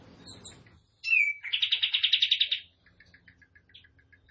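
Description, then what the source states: Tembakan bird: a sharp down-slurred whistle, then a buzzy trill of fast notes about a second long, followed by soft, faint chips. Tutor song for training caged birds; a lively, continuously singing (gacor) Tembakan bird.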